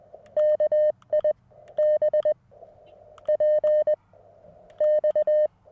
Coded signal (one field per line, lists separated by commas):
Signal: Morse code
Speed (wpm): 20 wpm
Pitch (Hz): 610 Hz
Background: none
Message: KIBPX